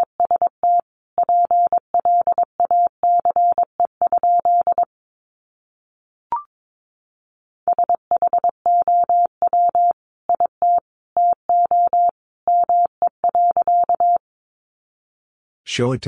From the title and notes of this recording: First, the words are sent in Morse code. 22wpm.